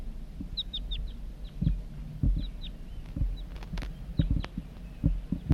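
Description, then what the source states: Crossbill flight calls, short sharp downslurred chips given in loose bursts, over repeated low thumps and rumbling handling noise. Juvenile in flight, on a hill with pitch pines.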